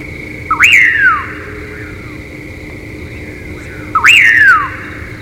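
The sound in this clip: Common pauraque song: two slurred whistles, each a short lead-in note then a sharp rise and long falling sweep, a few seconds apart over a steady high hum.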